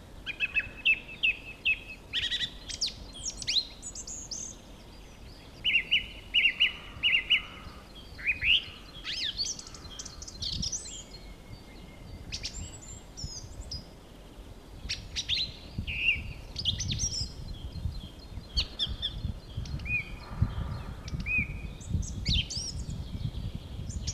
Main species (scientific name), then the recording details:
Turdus philomelos. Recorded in the wild. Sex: male. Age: adult. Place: Villach, Kärnten, AT. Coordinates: 46.6, 13.85. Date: 1972-03-24. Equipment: Uher 4100 Report-V, Sennheiser MKH 804. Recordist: Brunner, Thomas